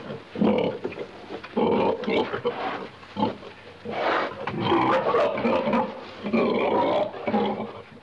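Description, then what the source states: Pig grunts and snorts come almost continuously, rough nasal bursts of varying length one after another. Pig grunting in a pen.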